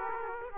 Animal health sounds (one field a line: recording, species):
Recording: mosquito wingbeat signal from an infrared sensor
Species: Aedes aegypti